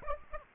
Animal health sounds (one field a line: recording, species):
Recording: mosquito wingbeat signal from an infrared sensor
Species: Aedes aegypti